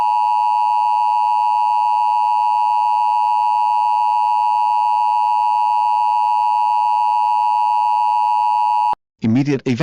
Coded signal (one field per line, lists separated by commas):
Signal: Emergency Alert System (SAME) tones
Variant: 853 and 960 Hz attention tone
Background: speech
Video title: EAS Scenario 8: Jax's Rampage